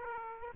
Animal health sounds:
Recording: mosquito wingbeat signal from an infrared sensor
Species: Aedes aegypti

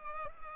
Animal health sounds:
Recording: mosquito wingbeat signal from an infrared sensor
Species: Culex pipiens

